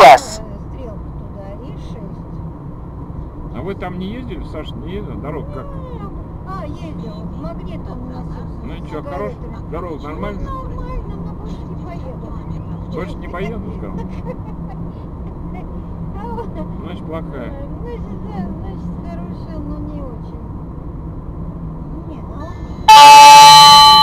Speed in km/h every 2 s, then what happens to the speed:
48, 47, 48, 50, 51, 50, 50, 51, 51, 51, 52, 50.
0-24 steady at about 50.